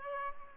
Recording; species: mosquito wingbeat signal from an infrared sensor; Aedes albopictus